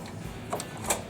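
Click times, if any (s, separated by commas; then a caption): 0.9 s. A throttle control piece, with its small top hole facing up, is shoved all the way onto the carburetor linkage of an MTD/Craftsman two-stage snowblower. A faint tick sounds at 0.6 s, then a sharper click at 0.9 s as the piece snaps in and seats.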